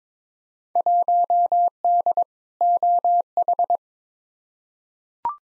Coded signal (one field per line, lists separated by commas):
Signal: Morse code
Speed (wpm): 22 wpm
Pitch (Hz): 700 Hz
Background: none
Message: 1D OH